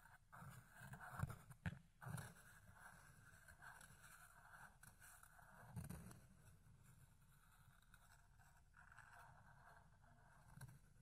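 Ear cleaning with a fluffy tool, heard as a steady rumbling hum with soft brushing and scratchy rustles on top. Sharper scraping bursts stand out around one to two seconds and again near six seconds, with a final brush near the end.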